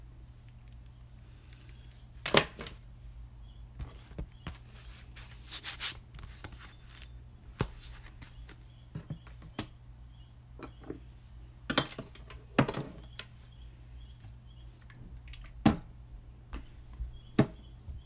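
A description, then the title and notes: Someone cleaning a shelf: scattered knocks and rubbing scrapes over a steady low hum, with sharp taps around 2, 7.5, 12, 15.5 seconds. ASMR Cleaning style with me. Clean my top shelf.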